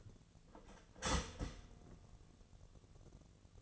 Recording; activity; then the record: daily activity, microphone in the room; start toaster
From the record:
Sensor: 4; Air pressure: 1001.0 hPa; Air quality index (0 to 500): 158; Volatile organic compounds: 2 ppm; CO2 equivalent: 1160 ppm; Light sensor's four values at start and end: 18/41/18/19 and 18/41/18/19